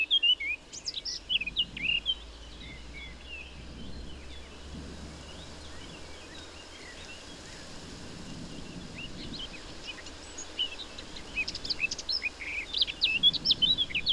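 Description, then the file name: Eurasian blackcap song, short bursts of high, scratchy warbling notes at the start and again near the end, with steady low background hum throughout. "Sylvia atricapilla"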